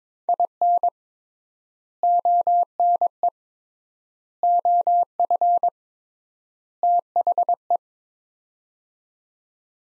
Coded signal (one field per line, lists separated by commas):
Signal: Morse code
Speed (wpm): 22 wpm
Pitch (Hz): 700 Hz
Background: none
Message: IN ONE OF THE